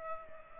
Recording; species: mosquito wingbeat signal from an infrared sensor; Culex pipiens